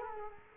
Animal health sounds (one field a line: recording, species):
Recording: mosquito wingbeat signal from an infrared sensor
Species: Culex quinquefasciatus